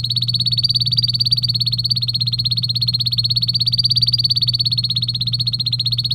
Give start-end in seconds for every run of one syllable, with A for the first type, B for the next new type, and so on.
0.00-6.14 A